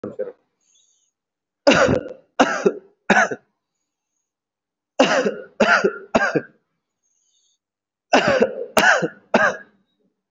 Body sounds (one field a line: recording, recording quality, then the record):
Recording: heavy voluntary cough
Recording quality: excellent, no background noise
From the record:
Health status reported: healthy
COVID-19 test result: negative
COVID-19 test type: RT-PCR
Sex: male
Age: 24 years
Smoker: no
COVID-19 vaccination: both doses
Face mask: worn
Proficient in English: yes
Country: India